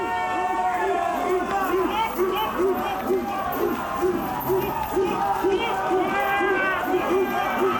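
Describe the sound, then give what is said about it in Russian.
A crowd of protesting liquidators at a rally, with a copter in the air above them, chanting together, many voices rising and falling in a steady repeated rhythm, loud and continuous from start to finish. “Под ним митингующие ликвидаторы.”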